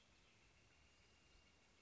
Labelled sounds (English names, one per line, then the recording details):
Northern Flicker
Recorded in Sonoma County, California